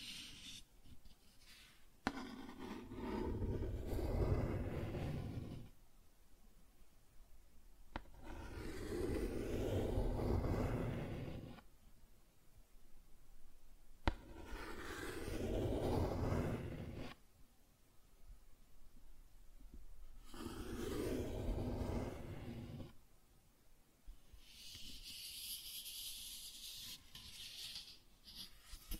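Cardboard being scratched and rubbed in long strokes, each lasting a few seconds, separated by short quiet gaps about every six seconds. The strokes are dense and rough, swelling and fading. Near the end a thinner, hissing scrape takes over.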